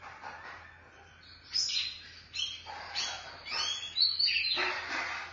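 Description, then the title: Oriental magpie-robin song with clear whistled notes and sweeping slurs, phrases separated by short pauses after a quiet start. Chirping song (kicauan) of the bird. "Suara Kicauan Burung Kacer Durasi Panjang"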